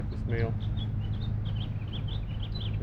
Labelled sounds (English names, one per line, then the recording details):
House Finch song
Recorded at Lynbrook on Long Island, New York, on 17 June 1975
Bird A